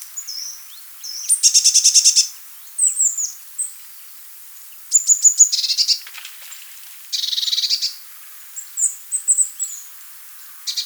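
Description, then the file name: Eurasian blue tit calls, several bursts of rapid buzzy trills mixed with thin high whistled notes, in short phrases with brief pauses between them. "blaumeise"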